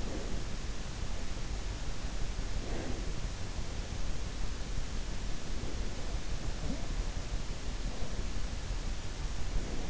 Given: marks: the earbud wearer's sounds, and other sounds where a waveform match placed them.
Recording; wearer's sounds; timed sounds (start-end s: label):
sounds in sleep by an in-ear microphone; breath
0.00-0.63 s: breath
2.57-3.37 s: breath